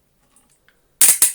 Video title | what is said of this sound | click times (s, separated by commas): Attempting to repair a Dyson DC40 Mk1 - Part One - Switches & Motors | Are you ever going to click? There we go, that click there. | 1.0 s